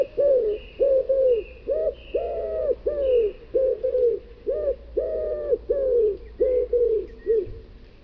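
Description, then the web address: Common wood pigeon giving a long run of low, throaty coos in quick succession. "cianscape. Deverinetal"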